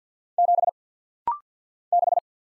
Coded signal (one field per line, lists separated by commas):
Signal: Morse code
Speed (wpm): 49 wpm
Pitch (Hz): 700 Hz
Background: none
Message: 7 6